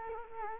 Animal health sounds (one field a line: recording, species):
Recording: mosquito wingbeat signal from an infrared sensor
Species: Culex quinquefasciatus